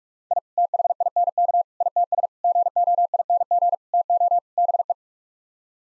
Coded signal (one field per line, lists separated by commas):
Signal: Morse code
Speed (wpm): 46 wpm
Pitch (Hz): 700 Hz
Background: none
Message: I THINK ITS GOING TO BE